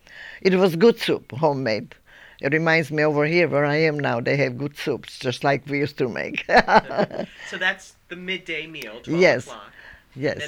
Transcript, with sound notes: It was good soup, homemade. It reminds me over here where I am they have good soups just like we used to make. (she laughs)
So that's the midday meal, twelve o'clock.
Yes, yes.